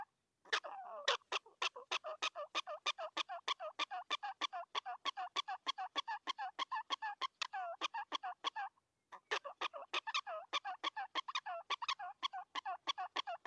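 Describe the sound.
Prairie dog chirping calls, a fast run of sharp nasal yips about three per second, broken by a short pause near nine seconds.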